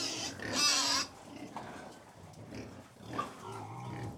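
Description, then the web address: Pigs squeal in a loud, harsh high burst, then grunt and snuffle in a low, uneven chorus. About 100 pigs feeding; livestock. "BBC Sound Effects Library. Approx 100 Pigs Feeding"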